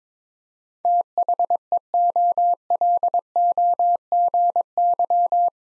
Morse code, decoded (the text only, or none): THEOLOGY